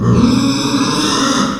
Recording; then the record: squeal of a Yucatan mini pig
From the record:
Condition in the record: after surgery on the right vocal fold (resection and tissue-engineered implant); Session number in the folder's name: 13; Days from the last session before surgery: 113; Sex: female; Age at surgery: 19 weeks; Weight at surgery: 25 kg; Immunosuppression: prednisolone